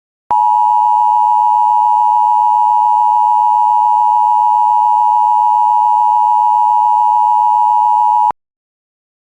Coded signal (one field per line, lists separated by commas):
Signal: Emergency Alert System (SAME) tones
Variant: 853 and 960 Hz attention tone